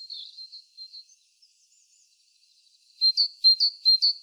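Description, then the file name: Great tit calls: high, thin whistled notes, faint at first, then a loud run of clipped paired notes near the end. "Parus major"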